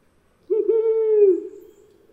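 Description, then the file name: Brown wood owl giving one deep hoot, briefly stuttered at the start, then a sustained tone that tails off after about a second. "褐林鴞"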